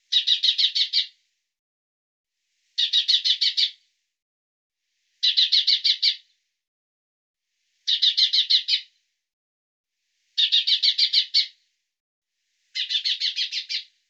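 Bird calling in short buzzy bursts of several rapid chirps, each burst about a second long and repeated roughly every two and a half seconds, with silence between.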